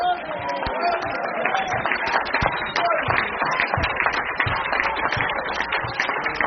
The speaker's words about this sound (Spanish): Oiga, oiga, esos aplausos son para el alcalde.